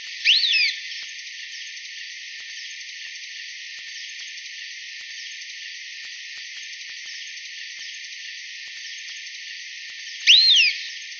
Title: LuckyPassaro Completos2Sama. Long-tailed Tyrant (Colonia colonus)